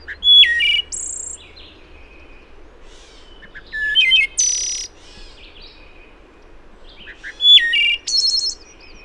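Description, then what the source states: Wood thrush song: flute-like phrases of low notes followed by a high shimmering trill, delivered three times roughly every three and a half seconds. Recorded 26 April 2009.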